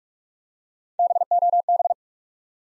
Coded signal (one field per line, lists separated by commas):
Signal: Morse code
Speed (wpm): 41 wpm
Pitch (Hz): 700 Hz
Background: none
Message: BOB